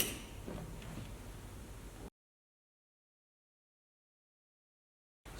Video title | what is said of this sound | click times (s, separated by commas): Series5 and Series6 mattress pump servicing guide | put a new one back in and when you clip it back in make sure it clicks in nice and snug | 0.8 s